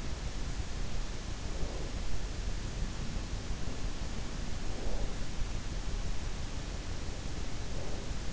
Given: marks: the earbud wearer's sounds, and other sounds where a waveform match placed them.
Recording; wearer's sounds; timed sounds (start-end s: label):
sounds in sleep by an in-ear microphone; breath
1.06-2.22 s: breath
4.10-5.30 s: breath
7.27-8.33 s: breath